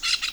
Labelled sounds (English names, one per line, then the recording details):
Brown-throated Parakeet contact call
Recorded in Venezuela